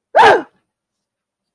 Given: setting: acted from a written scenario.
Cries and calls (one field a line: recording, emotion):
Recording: vocal sound without words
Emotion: fear